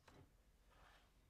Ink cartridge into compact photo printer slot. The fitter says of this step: the white side facing up and you just slide it until it clicks in place you see the small brown holder there